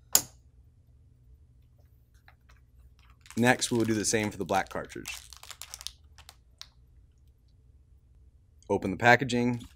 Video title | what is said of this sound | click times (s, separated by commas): Unboxing, Setting Up, and Installing the HP ENVY 4520 Printer HP, #HP #HPSupport #HPENVY | set the cartridge in the slot and close the lid so it snaps into place. | 0.1 s